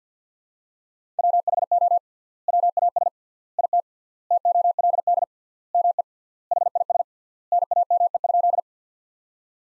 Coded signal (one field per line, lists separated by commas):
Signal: Morse code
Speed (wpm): 50 wpm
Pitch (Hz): 700 Hz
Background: none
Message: WHO WAS IT TOLD ME HIS NAME?